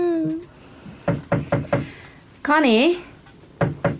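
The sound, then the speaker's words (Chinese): Someone knocks on a locked bedroom door with a person shut inside: four sharp raps, then after a wavering, high-pitched vocal cry, another quicker burst of three knocks. A brief voice sounds at the very start. “你做什么锁自己在房间里啊？开门啊。”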